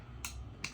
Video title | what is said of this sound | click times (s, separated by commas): HOW TO UPGRADE YOUR PSA DAGGER OR GLOCK TO A SAFER TRIGGER | Okay. And there you go. Pops into place. | 0.2 s, 0.6 s